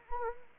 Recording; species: mosquito wingbeat signal from an infrared sensor; Anopheles arabiensis